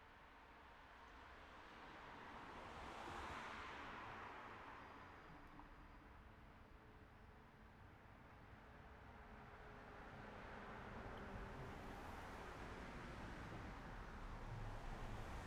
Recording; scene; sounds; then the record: everyday scene through a hearing-aid microphone; in traffic; traffic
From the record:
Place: city secondary road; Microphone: behind the ear, right, front